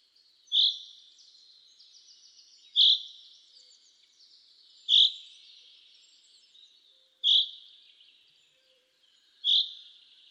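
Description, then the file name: Common chaffinch calling: a clipped, penetrating note repeated about every two seconds, five calls in a row. "Fringilla coelebs"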